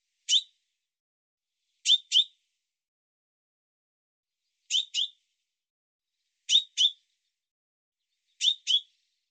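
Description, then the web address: Bird chirps, high and clipped, starting with one lone note, then four closely spaced doubled notes at uneven gaps of roughly two seconds. "cianscape birddata Deverinetal Bird Fr Co"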